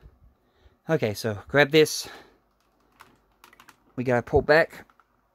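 Someone talks while handling a plastic transforming robot figure, pulling a limb or panel back toward its locked position on the figure's body. Faint plastic taps and rattles come around 3.0–3.7 s and again near 5.0 s between the talking. Nothing has seated or clicked into place yet.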